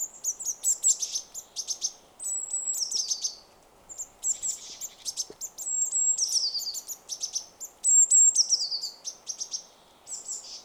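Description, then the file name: Eurasian blue tit: bursts of high chirps and descending slurred notes come in clusters separated by short silences, over light steady background noise. "Cyanistes caeruleus"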